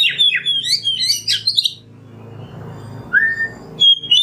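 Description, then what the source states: Oriental magpie-robin song, quick burst of shrill whistled notes, a pause over a low hum, then a single rising whistle and more sharp notes. Kacer masteran (tutor song for training songbirds) in the nembak song style.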